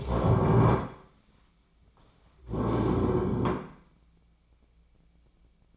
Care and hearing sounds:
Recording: daily activity, microphone in the room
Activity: stand up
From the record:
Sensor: 1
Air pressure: 1009.3 hPa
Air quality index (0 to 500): 176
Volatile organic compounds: 3 ppm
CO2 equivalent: 1488 ppm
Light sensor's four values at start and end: 44/117/49/58 and 42/111/46/55

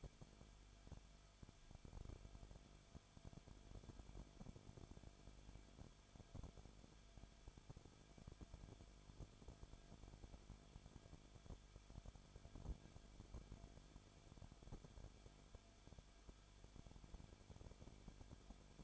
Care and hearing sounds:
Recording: daily activity, microphone in the room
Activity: no activity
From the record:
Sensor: 5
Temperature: 20.3 degrees Celsius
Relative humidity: 39.8%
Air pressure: 1010.8 hPa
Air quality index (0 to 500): 165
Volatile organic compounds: 15 ppm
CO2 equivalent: 2501 ppm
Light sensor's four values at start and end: 2/3/1/1 and 2/3/1/1

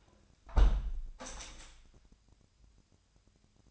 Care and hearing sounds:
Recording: daily activity, microphone in the room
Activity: close window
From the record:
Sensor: 2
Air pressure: 997.8 hPa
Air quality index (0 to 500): 127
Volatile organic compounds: 3 ppm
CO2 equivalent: 1435 ppm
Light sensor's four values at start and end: 11/32/13/12 and 11/32/13/12

